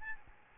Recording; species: mosquito wingbeat signal from an infrared sensor; Aedes albopictus